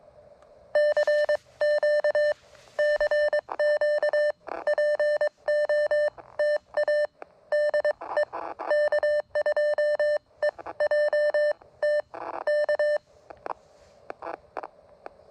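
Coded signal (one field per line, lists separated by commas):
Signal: Morse code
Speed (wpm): 23 wpm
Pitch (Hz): 600 Hz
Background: none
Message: CQ CQ POTA DE K2EJT K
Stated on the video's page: CW on an Elecraft KX1 four-band kit radio during a park (POTA) activation.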